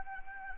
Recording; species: mosquito wingbeat signal from an infrared sensor; Anopheles gambiae